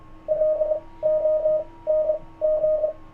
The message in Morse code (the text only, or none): LONG